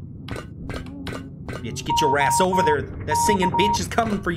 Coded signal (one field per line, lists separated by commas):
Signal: Morse code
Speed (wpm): 22 wpm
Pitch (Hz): 940 Hz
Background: speech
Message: OK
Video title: I HAVE TO USE MORSE CODE TO SAVE MY FRIEND FROM SOMETHING HORRIFYING IN THE OCEAN [R.I.P. TO HIM!!]